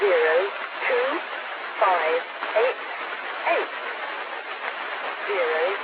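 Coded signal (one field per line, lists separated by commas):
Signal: numbers station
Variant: English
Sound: a voice reading five digits, zero two five eight eight, through heavy radio hiss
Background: radio static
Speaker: rather than explaining it any further, I'll let you all listen to one for yourselves.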